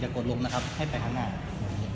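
A rider seat on a 2017 CBR650F motorcycle is pressed down and pushed forward so its hooks line up with the frame latch, while someone talks throughout. Nothing has seated or clicked yet; the clip ends just before the seat locks into the latch.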